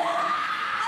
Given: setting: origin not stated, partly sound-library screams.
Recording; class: one-second piece from a danger detection set; woman in danger